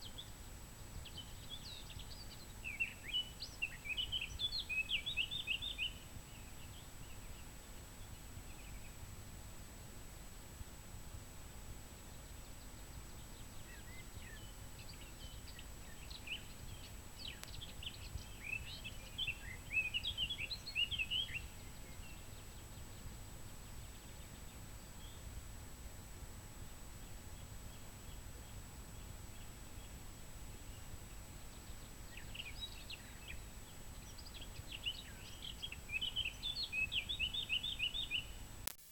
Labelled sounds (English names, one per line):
Eurasian Blackcap song